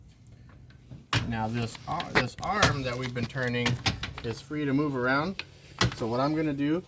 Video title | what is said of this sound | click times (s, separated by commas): Collapsing and hooking up the pop-up | you hear the click and the peg returns back in to lock it into its place | 1.1 s